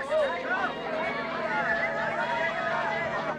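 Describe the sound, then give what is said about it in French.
A steady murmur of a crowd of many voices blending into a babble, with higher excited cries rising above it, a lively, cheerful waiting atmosphere on a fine hot day under a clear, sunny sky, staying fairly loud throughout. “Voilà, je vous ai laissé entendre quelques instants la rumeur de la foule, les cris, l'ambiance joyeuse de l'attente par cette belle journée chaude, ce ciel pur, ce soleil éclatant”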